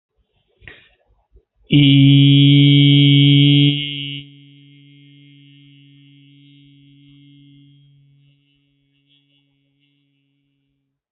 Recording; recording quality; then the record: sustained vowel as in beet; excellent, no background noise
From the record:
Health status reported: healthy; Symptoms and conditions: diabetes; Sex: male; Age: 35 years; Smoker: not ticked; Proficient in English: yes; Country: India